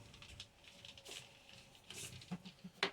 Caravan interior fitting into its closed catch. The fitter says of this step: you'll hear it click in place.